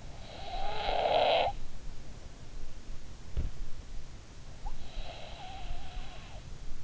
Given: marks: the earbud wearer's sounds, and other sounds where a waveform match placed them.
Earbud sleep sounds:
sounds in sleep by an in-ear microphone; snoring breath
0.00-1.49 s: snoring breath
4.56-6.60 s: snoring breath

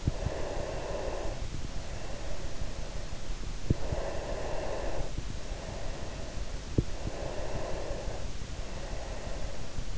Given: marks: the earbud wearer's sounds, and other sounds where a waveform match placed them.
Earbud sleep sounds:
sounds in sleep by an in-ear microphone; breath
0.00-3.37 s: breath
3.57-6.63 s: breath
6.92-9.84 s: breath

